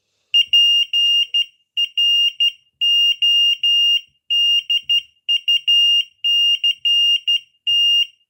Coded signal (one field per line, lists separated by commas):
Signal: Morse code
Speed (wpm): 12 wpm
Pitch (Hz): 2800 Hz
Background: none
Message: PRODUCT